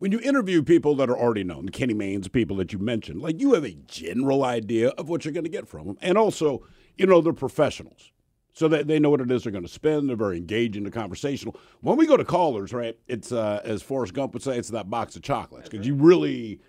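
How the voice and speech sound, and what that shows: An adult man speaks fluently and conversationally at a steady pace, with clear articulation, natural pitch movement and only brief pauses between phrases. The voice is clear, with no hoarseness, stuttering or slurring, consistent with ordinary radio-style talk.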